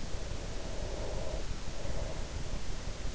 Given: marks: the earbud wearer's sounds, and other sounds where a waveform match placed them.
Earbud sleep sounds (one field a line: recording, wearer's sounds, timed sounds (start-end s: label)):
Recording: sounds in sleep by an in-ear microphone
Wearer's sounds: breath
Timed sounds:
0.00-2.99 s: breath